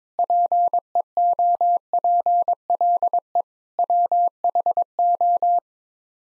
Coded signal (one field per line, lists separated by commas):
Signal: Morse code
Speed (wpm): 21 wpm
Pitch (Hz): 700 Hz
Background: none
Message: PEOPLE WHO